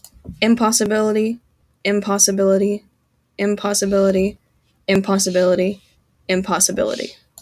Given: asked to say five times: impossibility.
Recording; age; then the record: repeated word; 20 to 29 years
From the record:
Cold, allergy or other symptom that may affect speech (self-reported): no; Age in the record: 22 years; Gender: other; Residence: New York, United States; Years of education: 16